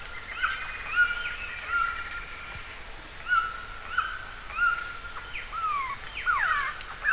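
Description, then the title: Glossy antshrike giving repeated short notes, then several steeply falling slurred whistles toward the end. "LuckyPassaro Completos2Sama. Glossy Antshrike (Sakesphorus luctuosus)"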